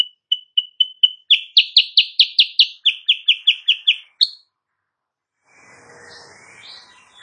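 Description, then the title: Sooty-headed bulbul song: a few spaced chips, then a rapid run of loud clipped notes, followed by a soft hissy rustle. Morning singing, used as a tutor for training other songbirds; said to make rival birds answer. "Masteran Kutilang Sutra. Kutilang Sutra GACOR pagi hari bikin lawannya AUTO NYAUT"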